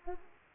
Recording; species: mosquito wingbeat signal from an infrared sensor; Aedes aegypti